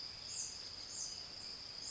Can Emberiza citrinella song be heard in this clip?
no